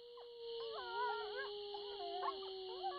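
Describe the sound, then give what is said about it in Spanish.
Several wolves howl together at night as the moon rises, in long, overlapping wavering tones, some sliding up and down in pitch while one steady low howl holds underneath, with a constant high hiss throughout and no talking. “Bueno, anoche, tan pronto como salió la luna, todos los lobos comenzaron a aullar.”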